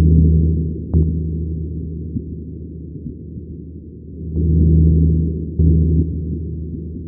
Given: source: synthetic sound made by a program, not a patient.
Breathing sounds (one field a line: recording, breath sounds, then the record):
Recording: synthetic breath sounds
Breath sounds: pleural rub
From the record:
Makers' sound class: crackles